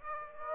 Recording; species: mosquito wingbeat signal from an infrared sensor; Aedes aegypti